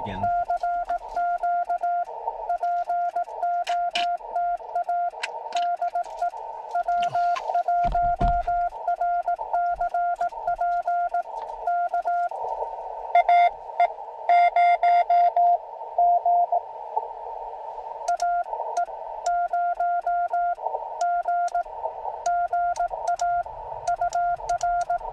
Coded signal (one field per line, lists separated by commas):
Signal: Morse code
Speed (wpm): 18 wpm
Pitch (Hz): 700 Hz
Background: radio noise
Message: CQ POTA DE W1RCP K AE0G AE0G GA UR